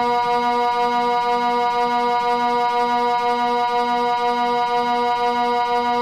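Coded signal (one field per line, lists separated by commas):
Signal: siren signal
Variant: Swiss water alert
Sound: one continuous low, buzzy electronic siren tone, slightly pulsing, throughout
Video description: Signal: Twelve low steady tones Duration: 6 min. Meaning: Flooding by the reservoir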